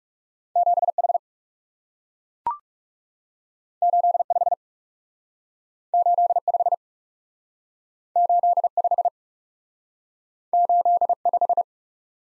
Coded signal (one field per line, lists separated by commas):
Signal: Morse code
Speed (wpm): 37 wpm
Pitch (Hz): 700 Hz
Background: none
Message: 7 H 8 5 8 5 8 5 8 5